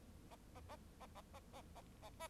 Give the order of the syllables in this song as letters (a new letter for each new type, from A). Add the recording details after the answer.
A A A A A A A A A A. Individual Bird4